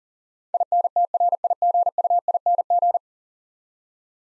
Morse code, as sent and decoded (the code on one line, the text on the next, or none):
.. -. - .-. .. --. ..- .. -. --.
INTRIGUING